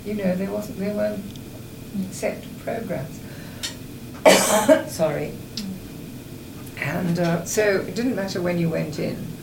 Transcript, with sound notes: You know, they wasn't, they weren't set to programmes. [coughs] Sorry. And eh, so, it didn't matter when you went in,